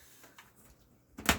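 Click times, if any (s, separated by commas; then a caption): none. A second plastic foot is being pushed into the bottom groove of a be quiet! Silent Base 802 mid-tower PC case. A faint tap comes at about 0.4 s, then a louder burst of handling noise rises from 1.2 s and peaks around 1.3 s. Nothing has seated or clicked in place yet.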